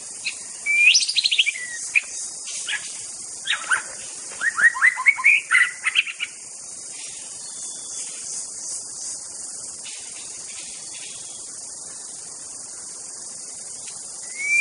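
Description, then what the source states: White-rumped shama song: rich whistled and buzzy phrases in the first six seconds, some notes rising sharply, then a long stretch of steady high hiss with one rising note at the very end. Forest-type white-rumped shama.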